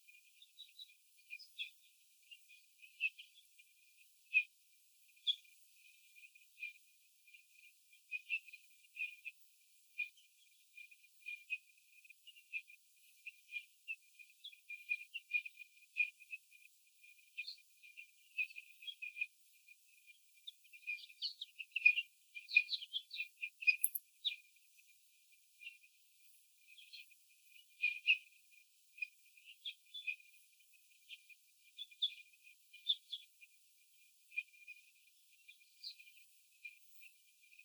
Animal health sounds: young laying hens in a cage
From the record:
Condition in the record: before the stressor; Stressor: sudden umbrella opening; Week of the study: 3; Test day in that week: 2

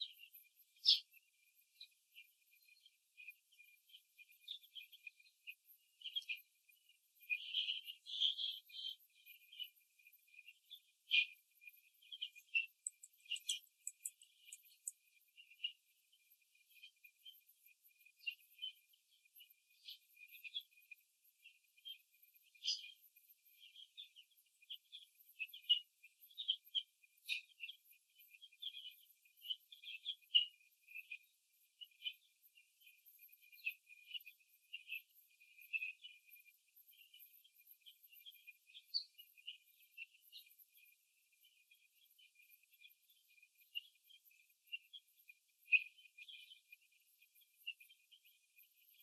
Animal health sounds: young laying hens in a cage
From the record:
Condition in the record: before the stressor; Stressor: simulated dog barking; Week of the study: 2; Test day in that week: 3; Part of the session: 3

